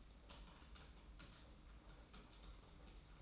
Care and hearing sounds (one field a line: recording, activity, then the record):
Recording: daily activity, microphone in the room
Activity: typing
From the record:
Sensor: 1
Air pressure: 991.7 hPa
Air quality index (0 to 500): 173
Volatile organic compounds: 1000 ppm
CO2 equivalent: 6550 ppm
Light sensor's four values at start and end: 29/100/38/39 and 29/100/38/39